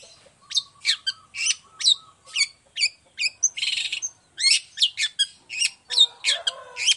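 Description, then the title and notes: Long-tailed shrike song: a fast, steady string of short, sharp chattering notes broken by a brief hissing burst midway. Morning singing, actively and full-voiced, in a 'toet toet' variation with a clear voice and varied phrases, presented as easy for other long-tailed shrikes to copy. "Cendet Gacor Dor Di Kala Pagi Toet Toet Variasi Suara. Efektif Cendet Gacor Suara Jernih Full Variasi Sangat Mudah Di Tiru Cendet Jenis Apapun. Burung cendet"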